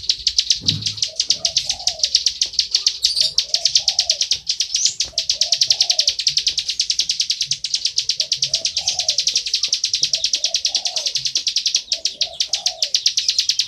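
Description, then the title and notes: Bar-winged prinia uttering rapid high, dry chips in a long continuous run, accompanied by regularly repeated low mellow cooing phrases in the background. Continuous calling style known as ngebren, used as tutor audio for white-rumped shamas to copy. "Ciblek Ngebren Untuk Masteran Murai Batu. Suara burung ciblek"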